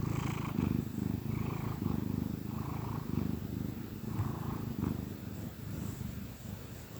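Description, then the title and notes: Domestic cat purr, a steady low rumble pulsing with breathing. Happy cat purring. "Cat Cafe and Art. Happy cat purrs"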